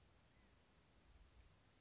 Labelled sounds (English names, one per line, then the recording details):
Blue-gray Gnatcatcher
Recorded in Sonoma County, California